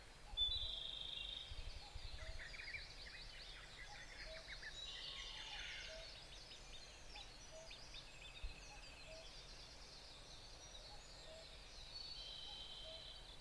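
Bird chorus of many overlapping high chirps and warbles, thin and layered throughout, over a steady low rumble.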